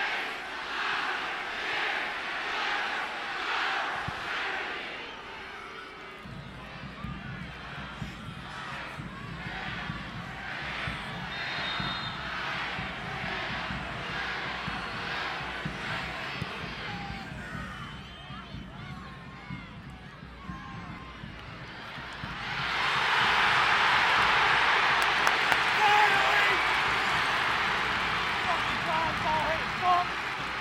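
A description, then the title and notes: Birmingham Legion FC fans chant in rhythmic bursts over low crowd rumble, fading midway, then a loud sustained roar swells from about 22 seconds. Sounds of 18,418 Birmingham Legion FC Fans.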